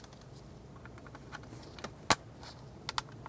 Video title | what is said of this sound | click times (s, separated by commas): How to Replace Left Rear Parking Brake Cable 2007-2012 Nissan Altima | make sure you hear the click | 2.1 s